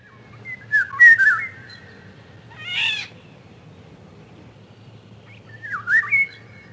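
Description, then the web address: Eurasian golden oriole giving mellow yodelling whistles, one harsh rasping note in between, then another short fluty phrase after a pause. Recorded in spring. "vremena vesna 05 ivolga"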